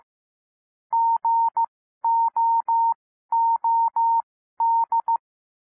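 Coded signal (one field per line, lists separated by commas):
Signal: Morse code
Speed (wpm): 15 wpm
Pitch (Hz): 920 Hz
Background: none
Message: GOOD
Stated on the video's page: Morse reading practice at 12-15 and 15-15 WPM, listened to while following text on screen.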